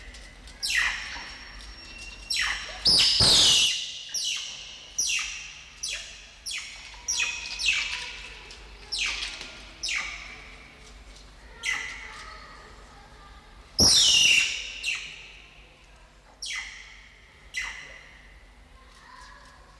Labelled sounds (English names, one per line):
Banded Mongoose